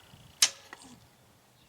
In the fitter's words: Pull the trigger. You hear it click. Okay, now it's declocked.